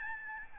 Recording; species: mosquito wingbeat signal from an infrared sensor; Aedes albopictus